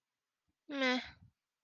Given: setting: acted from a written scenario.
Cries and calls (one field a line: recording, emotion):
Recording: vocal sound without words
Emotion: neutral